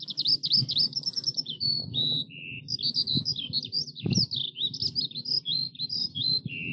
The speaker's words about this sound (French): L'époque d'une France majoritairement rurale, où l'oiseau le plus connu qu'on rencontrait le plus souvent était celui qui dominait, et domine toujours, la campagne. L'alouette des champs.